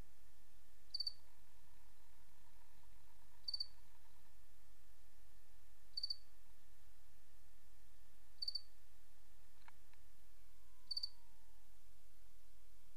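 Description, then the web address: Cricket chirping at intervals of about two and a half seconds, short pulsed bursts, with a faint steady tone and a brief descending whine in the background. "Sabda Alam Crickets"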